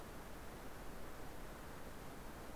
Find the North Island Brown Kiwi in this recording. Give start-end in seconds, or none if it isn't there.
none